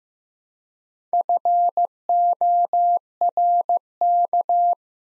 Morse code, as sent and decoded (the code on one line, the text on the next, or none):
..-. --- .-. -.-
FORK